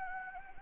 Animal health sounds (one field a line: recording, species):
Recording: mosquito wingbeat signal from an infrared sensor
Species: Anopheles gambiae